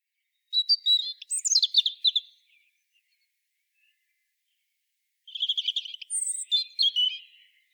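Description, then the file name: European robin singing two short, high, tinkling warbled phrases of quick varied notes, separated by a few seconds of silence. "Erithacus rubecula"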